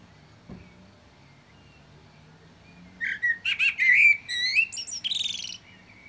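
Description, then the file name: Common blackbird song: after a quiet start, a run of fluty warbling notes rising into high scratchy twitters. "Turdus merula"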